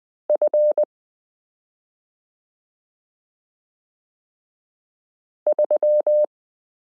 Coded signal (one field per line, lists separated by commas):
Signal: Morse code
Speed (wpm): 20 wpm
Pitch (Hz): 600 Hz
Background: none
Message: F 3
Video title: Morse Code Learning Lesson 29 - f (0)zero y (,)comma v g 5 (/)slash q 9 z h 3 8